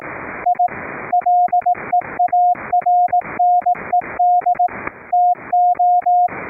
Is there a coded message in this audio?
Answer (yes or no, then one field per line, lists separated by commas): yes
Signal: Morse code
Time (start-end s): 0.5-6.3 s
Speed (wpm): 18 wpm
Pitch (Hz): 710 Hz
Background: radio noise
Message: I LEARNED TO